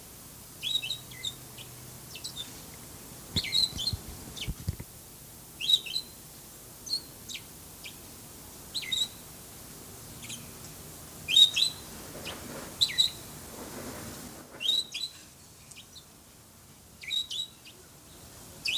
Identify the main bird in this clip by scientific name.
Neopsephotus bourkii